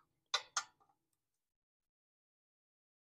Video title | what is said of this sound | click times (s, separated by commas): Coleman Minibike w/Predator 212cc Engine: Installing New Crank Shaft | turn it till it clicks | 0.4 s